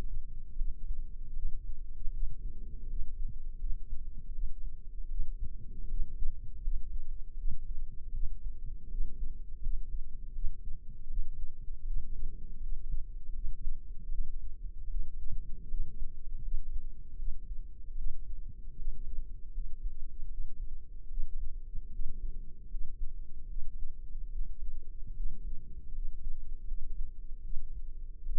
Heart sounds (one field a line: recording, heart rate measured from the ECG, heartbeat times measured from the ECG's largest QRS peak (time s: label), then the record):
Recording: heart sounds by microphone in the left ear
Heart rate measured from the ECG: 78 bpm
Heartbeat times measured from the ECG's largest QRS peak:
0.53 s: heartbeat
1.31 s: heartbeat
2.09 s: heartbeat
2.85 s: heartbeat
3.56 s: heartbeat
4.30 s: heartbeat
5.06 s: heartbeat
5.85 s: heartbeat
6.59 s: heartbeat
7.34 s: heartbeat
8.09 s: heartbeat
8.86 s: heartbeat
9.58 s: heartbeat
10.31 s: heartbeat
11.05 s: heartbeat
11.82 s: heartbeat
12.58 s: heartbeat
13.31 s: heartbeat
14.07 s: heartbeat
14.86 s: heartbeat
15.65 s: heartbeat
16.40 s: heartbeat
17.14 s: heartbeat
17.93 s: heartbeat
18.73 s: heartbeat
19.50 s: heartbeat
20.26 s: heartbeat
21.05 s: heartbeat
21.88 s: heartbeat
22.66 s: heartbeat
23.45 s: heartbeat
24.27 s: heartbeat
25.12 s: heartbeat
25.90 s: heartbeat
26.63 s: heartbeat
27.39 s: heartbeat
28.21 s: heartbeat
From the record:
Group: healthy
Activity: rest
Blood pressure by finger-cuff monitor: 109/69 mmHg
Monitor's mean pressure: 84 mmHg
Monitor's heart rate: 79 bpm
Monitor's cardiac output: 7.2 L/min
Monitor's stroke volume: 92 mL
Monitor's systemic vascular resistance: 850 dyn s/cm5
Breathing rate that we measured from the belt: 18 breaths a minute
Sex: female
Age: 23 years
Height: 160 cm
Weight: 50.4 kg